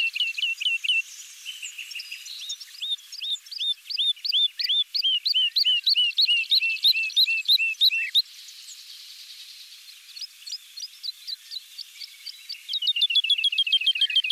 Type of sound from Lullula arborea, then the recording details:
song. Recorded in the wild. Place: St. Laurent des Arbres und Umgebung, FR. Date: 2008-05-16. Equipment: MiniDisc Sharp MT 20 H. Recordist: Schwarz, Dieter. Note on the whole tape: Song